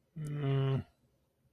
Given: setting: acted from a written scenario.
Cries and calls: vocal sound without words; shame

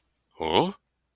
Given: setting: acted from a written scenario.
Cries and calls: vocal sound without words; confusion

